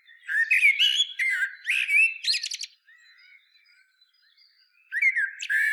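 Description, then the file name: Common blackbird song: warbled fluty phrases followed by squeaky high twitters, a quiet pause, then another phrase begins near the end. "Turdus merula"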